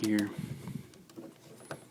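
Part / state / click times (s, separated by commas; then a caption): chest panel tabs interlocking on a transforming robot figure / not seated / none. Someone talks while handling the chest panel tabs of an iGear PP01C clear plastic Mini-MP Optimus Prime transforming robot figure, closing the side panels to bring the tabs together so they interlock. Soft plastic handling noises and a brief sharp tick near 1.7 s are heard under the talk. Nothing has seated or clicked yet.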